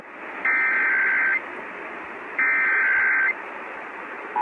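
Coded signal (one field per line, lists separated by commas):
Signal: Emergency Alert System (SAME) tones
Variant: header bursts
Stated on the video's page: EAS alerts from every US state, captured via live stream or in person.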